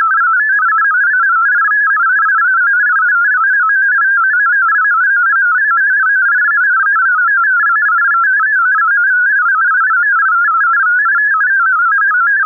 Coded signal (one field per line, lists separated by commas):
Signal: multi-tone FSK (Olivia or MFSK type)